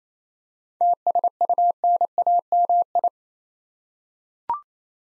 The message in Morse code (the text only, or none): TSUNAMI